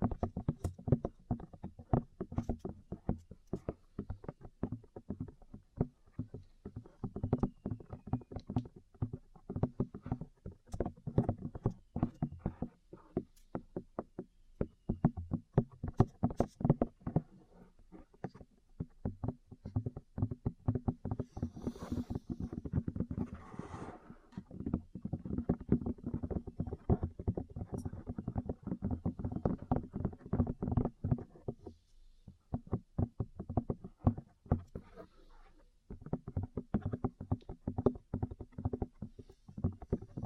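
Ear cleaning and massage sounds: dense, rapid tapping and muffled rubbing clicks, low and thuddy, continuing steadily with brief pauses around 15, 32 and 36 seconds.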